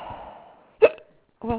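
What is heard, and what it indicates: One sharp, abrupt hiccup, part of a recurring bout of hiccups, breaks into an adult woman's speech, and talking resumes right after.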